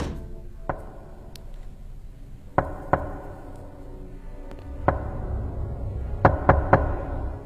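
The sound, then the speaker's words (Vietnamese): Dry, sharp knocks on a room door from outside, about seven in all, sparse and uneven at first, then bunching into a quicker cluster of three near the end, over a low steady background hum. “Không có ai trả lời, ngoài những tiếng gõ cửa khô khan càng ngày càng dồn dập.”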